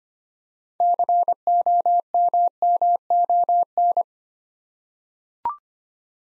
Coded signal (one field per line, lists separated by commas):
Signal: Morse code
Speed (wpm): 25 wpm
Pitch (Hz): 700 Hz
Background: none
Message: COMMON